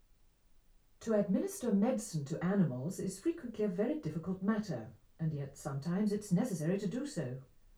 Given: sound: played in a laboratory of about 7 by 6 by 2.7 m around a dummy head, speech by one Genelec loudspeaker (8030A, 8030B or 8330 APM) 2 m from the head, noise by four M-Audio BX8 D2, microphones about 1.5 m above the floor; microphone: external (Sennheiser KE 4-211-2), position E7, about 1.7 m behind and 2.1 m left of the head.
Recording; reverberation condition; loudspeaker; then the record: female speech in English; low; 90 degrees to the left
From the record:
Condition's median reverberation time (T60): about 310 ms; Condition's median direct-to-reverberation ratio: about 3.5 dB